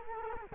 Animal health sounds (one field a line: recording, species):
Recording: mosquito wingbeat signal from an infrared sensor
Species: Culex quinquefasciatus